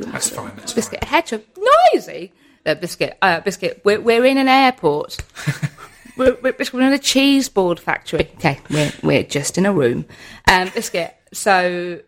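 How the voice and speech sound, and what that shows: A woman's speech keeps breaking into Tourette syndrome vocal tics: repeated words like 'biscuit' and 'hedgehog', regular tics she says hundreds of times a day, along with odd phrases such as 'we're in an airport' and 'we're in a cheese board factory'.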